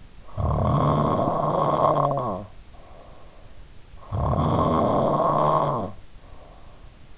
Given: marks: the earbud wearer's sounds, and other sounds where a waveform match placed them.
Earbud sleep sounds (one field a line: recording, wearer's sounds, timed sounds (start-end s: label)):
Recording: sounds in sleep by an in-ear microphone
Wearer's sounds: snoring breath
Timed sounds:
0.38-3.41 s: snoring breath
4.10-7.18 s: snoring breath